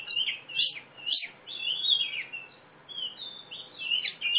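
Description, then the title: Oriental magpie-robin song: bright, sweeping whistled notes and slurred phrases, given in bursts with short pauses between. Female competition bird from East Java, a national first-place champion; described as gacor (singing constantly), fighting type, black, poci. "Kacer Juara 1 Nasional gacor kacer juara nasional jawa timur kacer tarung betina poci gacor hitam"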